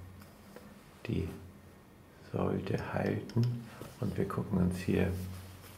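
A plastic ink cartridge is being handled at the filling mechanism of an inexpensive Rotring fountain pen while someone talks. Only a faint tick is heard near 0.2 s, and nothing has seated or clicked into place yet.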